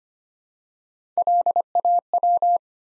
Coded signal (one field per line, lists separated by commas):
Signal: Morse code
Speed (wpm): 25 wpm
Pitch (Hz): 700 Hz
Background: none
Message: LAW